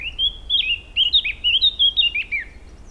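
Eurasian blackcap song: a rapid run of rich, fluting whistles and warbles, each note sliding.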